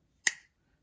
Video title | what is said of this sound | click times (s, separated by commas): Chris Reeve Sebenza 31 VS 21 In-Depth Comparison - What Changes Were Made? | now they both are really cool and that noise is pretty good just hearing that lock up | 0.3 s